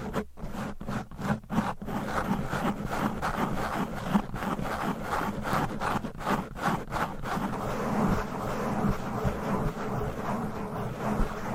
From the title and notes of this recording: ASMR Fast & Aggressive Tapping & Scratching with Different Mics Items & Nails No Talking.